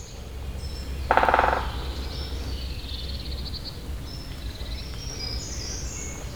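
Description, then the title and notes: Great spotted woodpecker drumming: one rapid, even roll lasting about half a second, with faint high whistles of other birds and a steady low rumble underneath. Territorial drumming on the stump of a tall dead tree, Saint-Jean, France; second take after moving closer; recordist's slightly breathless breathing audible; binaural microphones with Zoom H4n recorder. "28 Chemin de Lapeyrière, Saint-Jean, France - Pic épeiche marquage territoire. Un pic épeiche marque son territoire sur la souche d'un long arbre mort"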